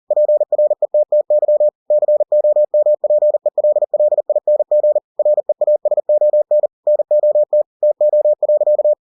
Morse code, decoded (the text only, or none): PRETTY COMPELLING REASON NOT TO.